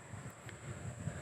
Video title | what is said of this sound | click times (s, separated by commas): BEST & CHEAPEST Rooftop Tent EVER ! Truck Camper Build NEW Addition 2023 | it actually snaps into place and locks it on | 0.5 s